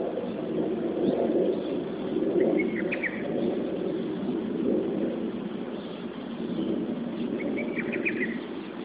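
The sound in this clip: Lesser cuckoo giving two brief staccato phrases of chattering notes, half buried under a constant low background rumble.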